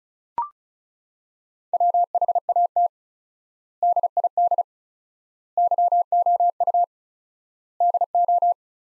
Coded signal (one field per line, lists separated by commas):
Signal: Morse code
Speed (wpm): 36 wpm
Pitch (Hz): 700 Hz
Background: none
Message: WHAT DID YOU DO